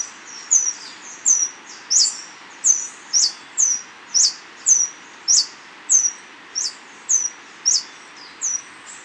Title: LuckyPassaro Completos2Sama. Scale-throated Hermit (Phaethornis eurynome eurynome (ssp assumed from location))